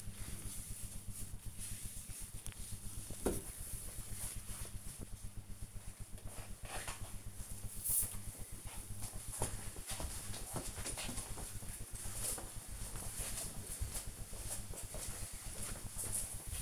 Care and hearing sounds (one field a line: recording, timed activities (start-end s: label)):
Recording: household activities, microphone on the right wrist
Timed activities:
0.00-5.22 s: window cleaning